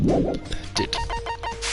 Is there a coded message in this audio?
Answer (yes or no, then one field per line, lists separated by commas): no